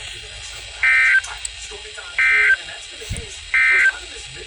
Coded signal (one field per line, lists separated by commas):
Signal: Emergency Alert System (SAME) tones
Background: speech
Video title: Good Morning, Have a warning. (EAS#340-345)